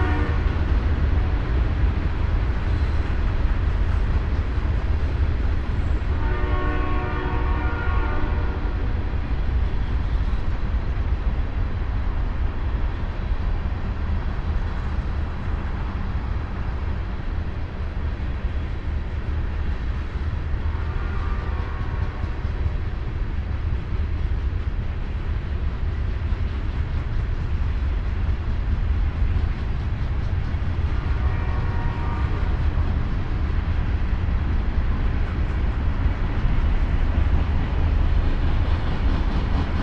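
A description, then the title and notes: Freight train horns sound in three long blasts, near 6, 21 and 31 seconds, each a layered chord over the train's noise. Underneath, a heavy, steady rumble of rolling wagons continues without pause, loud throughout. Freight Train Horns.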